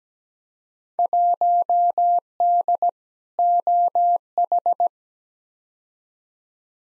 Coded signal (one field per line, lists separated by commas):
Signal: Morse code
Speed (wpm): 17 wpm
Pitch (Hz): 700 Hz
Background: none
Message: 1D OH